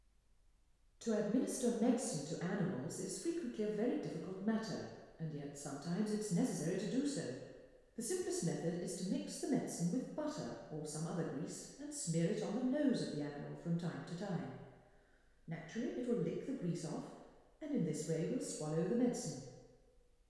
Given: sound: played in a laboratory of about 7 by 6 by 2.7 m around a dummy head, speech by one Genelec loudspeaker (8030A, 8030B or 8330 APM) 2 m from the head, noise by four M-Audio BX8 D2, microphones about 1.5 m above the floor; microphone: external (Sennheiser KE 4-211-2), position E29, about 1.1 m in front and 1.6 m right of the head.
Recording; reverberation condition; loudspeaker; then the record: female speech in English; high; 30 degrees to the right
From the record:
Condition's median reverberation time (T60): about 1300 ms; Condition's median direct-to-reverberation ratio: about -4.0 dB